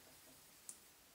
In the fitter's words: it actually does click into place and it's locked so it's actually a lot safer